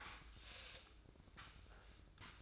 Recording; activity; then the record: daily activity, microphone in the room; sweep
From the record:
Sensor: 2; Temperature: 24.2 degrees Celsius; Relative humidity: 31.4%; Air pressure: 995.8 hPa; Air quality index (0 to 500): 93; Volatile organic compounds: 5 ppm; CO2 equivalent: 1716 ppm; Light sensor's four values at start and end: 21/68/27/26 and 21/67/27/26